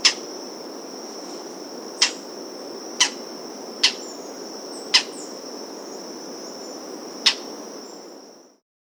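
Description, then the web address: Lineated foliage-gleaner calls: six sharp, dry notes at irregular intervals, over a continuous high, thin whine. South America. "Natures Songs S America Lineated Foliage-Gleaner"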